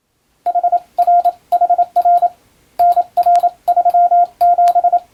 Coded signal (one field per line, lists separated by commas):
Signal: Morse code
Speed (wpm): 27 wpm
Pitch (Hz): 700 Hz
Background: none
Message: HRHR NR37